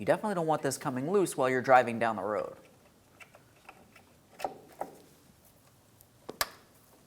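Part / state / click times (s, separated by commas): tail light harness connector into vehicle wiring connector / seated / 6.4 s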